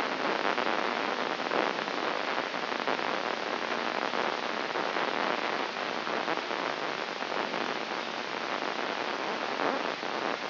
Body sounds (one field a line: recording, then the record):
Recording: brain microelectrode recording played as sound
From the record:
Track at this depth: inside the subthalamic nucleus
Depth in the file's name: 4.738 mm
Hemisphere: right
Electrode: 3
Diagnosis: Parkinson's disease